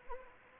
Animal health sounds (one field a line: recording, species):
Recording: mosquito wingbeat signal from an infrared sensor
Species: Anopheles gambiae